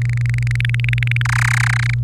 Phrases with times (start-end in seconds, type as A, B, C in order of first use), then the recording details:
0.01-1.22 A, 1.25-1.94 B. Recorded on 27 April 2018 at 06:27. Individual llb3